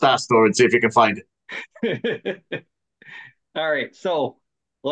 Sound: all laughing